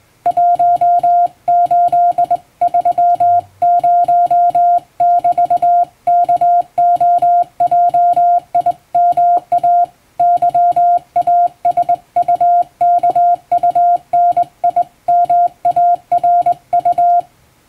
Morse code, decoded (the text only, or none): 1830<BT>KOJIMAYASUKUNIMARU